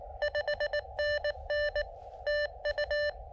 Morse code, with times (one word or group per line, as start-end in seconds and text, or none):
0.2-1.8 5NN
2.3-3.1 TU